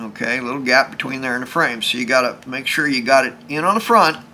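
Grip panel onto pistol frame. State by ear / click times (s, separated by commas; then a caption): not seated / none. A grip panel for a Walther P38 pistol is being positioned against the pistol frame, with a small gap still showing where it must hook in at its front lip before being pressed on. A man talks throughout. Nothing has seated or clicked yet, and the panel has not popped into place.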